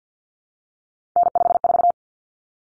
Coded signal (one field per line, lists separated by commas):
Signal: Morse code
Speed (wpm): 50 wpm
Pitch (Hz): 700 Hz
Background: none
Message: N54